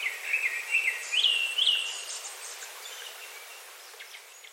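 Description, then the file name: Japanese thrush song, a few clear whistled and trilled phrases in the first two seconds, then only faint, softer notes over a steady background hiss. "kurotsu"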